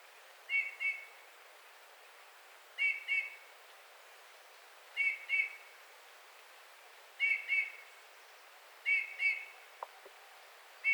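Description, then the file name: Eurasian bullfinch giving soft, piping whistled calls, mostly in pairs of notes repeated roughly every two seconds, over faint background hiss. "Pyrrhula pyrrhula"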